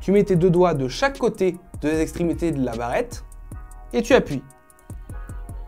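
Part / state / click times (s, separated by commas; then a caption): RAM module into motherboard memory slot / not seated / none. Someone talks over background music while a RAM module is slid along the side rails and pressed down with two fingers at each end into a motherboard memory slot. Faint, evenly spaced ticks sound near the end, but the module has not seated or clicked into the slot yet.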